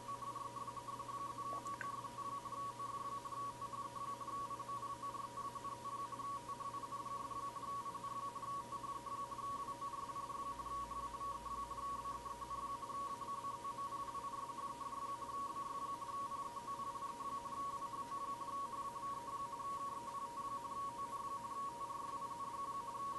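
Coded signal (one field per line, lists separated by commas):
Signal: RTTY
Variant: 45.45 baud, 170 Hz shift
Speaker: plug the usb cable in to power the arduino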